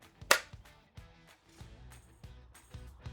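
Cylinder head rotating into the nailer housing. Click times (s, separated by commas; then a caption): 0.3 s. During reassembly of a Paslode cordless 1 1/2" Positive Placement metal connector nailer, with the housing aligned to the handle by its tabs, the cylinder head is rotated forward into the housing. One sharp, loud snap sounds at 0.3 s, followed by a few faint ticks and handling noises. The cylinder head seats flush with the housing.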